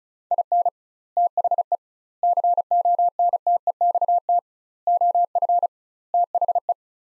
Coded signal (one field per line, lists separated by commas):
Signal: Morse code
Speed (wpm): 36 wpm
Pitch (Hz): 700 Hz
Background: none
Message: IN THE CONTEXT OF THE